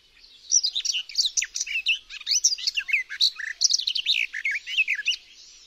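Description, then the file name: Garden warbler singing a hurried, even-paced warble of sweet, throaty notes, sustained without pause through the whole stretch. "GAJÓWKA"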